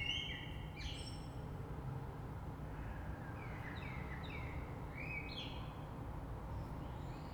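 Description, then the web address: Common blackbird song: a series of mellow warbled phrases with sliding notes and brief high twitters, above a constant low hum. Recorded 3 March 2020. "oiseaux Rush Merle 3-3-2020"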